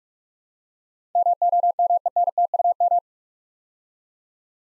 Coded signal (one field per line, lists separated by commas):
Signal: Morse code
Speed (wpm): 44 wpm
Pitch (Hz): 700 Hz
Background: none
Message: MOMENTUM